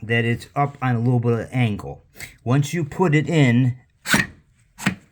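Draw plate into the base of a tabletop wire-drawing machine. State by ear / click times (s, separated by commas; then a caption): seated / 4.9 s. A 3D-printed draw plate is set into its angled holder on the base of a tabletop wire-drawing machine and pushed down. Someone talks for most of the clip, then a single sharp snap is heard at 4.9 s as the plate goes in. It locks in place.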